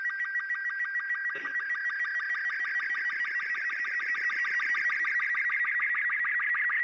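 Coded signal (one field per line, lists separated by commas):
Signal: SSTV (slow-scan television)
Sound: warbling, chirpy tone with rapid, regular low blips, like a scratchy, buzzing whistle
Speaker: now that you've got your video with the recording of the sstv signal I've got it right here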